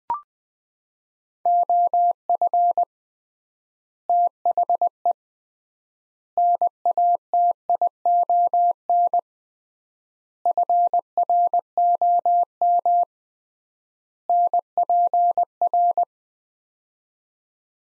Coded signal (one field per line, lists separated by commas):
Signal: Morse code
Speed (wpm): 20 wpm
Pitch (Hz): 700 Hz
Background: none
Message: OF THE NATION FROM NPR